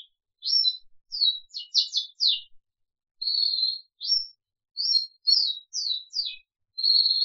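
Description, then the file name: Crested canary song of high swooping chirps and short level whistled notes, delivered in separate bursts with gaps between them. "audio kenari jambul"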